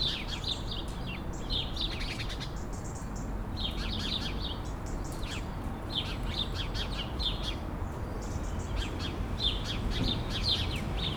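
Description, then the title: Sparrows chattering in rapid bursts of chirps with brief gaps between groups, set against a continuous low traffic drone. Several sparrows sheltering in a laurel bush at 11 Rue de l'Église, Bassens, France, around 6 pm, with traffic noise. "11 Rue de l'Église, Bassens, France - Moineaux"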